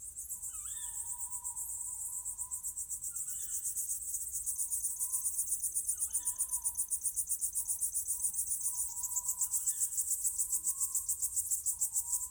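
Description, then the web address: Crickets: a steady, dense trill pulsing high and fast, joined by sliding whistled owl calls that recur several times. Summer night ambience with crickets and owls. "Ivo Vicic - Natural ambiences vol 1 Crickets_owls_summer night"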